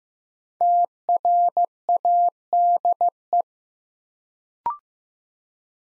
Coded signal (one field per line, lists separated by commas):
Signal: Morse code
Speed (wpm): 15 wpm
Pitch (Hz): 700 Hz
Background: none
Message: TRADE